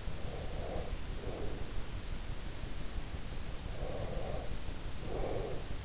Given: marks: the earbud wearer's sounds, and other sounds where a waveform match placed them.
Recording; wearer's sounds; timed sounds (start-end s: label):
sounds in sleep by an in-ear microphone; breath
0.25-1.85 s: breath
3.62-5.85 s: breath